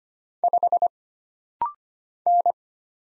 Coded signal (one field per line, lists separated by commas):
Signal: Morse code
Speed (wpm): 25 wpm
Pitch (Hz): 700 Hz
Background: none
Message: 5 N